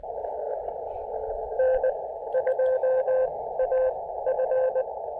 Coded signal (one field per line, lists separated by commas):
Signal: Morse code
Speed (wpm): 20 wpm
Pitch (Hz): 520 Hz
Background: radio noise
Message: N 2 A F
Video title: Mount Pisgah: SOTA from an Observation Deck Rail and an Improvised Wire Antenna Deployment!